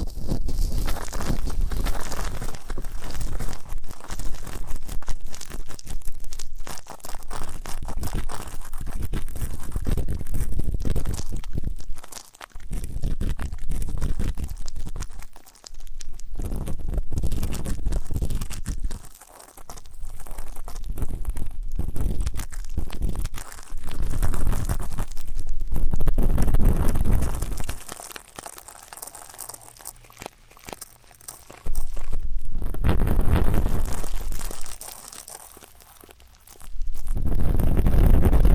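An ASMR ear-cleaning recording: dense, scratchy crunching and crinkling that keeps up almost without pause, strong in the lows and full across the range. Short quiet gaps fall around 12, 15, 19 and 28–31 seconds before the rubbing resumes, heavier again near the end.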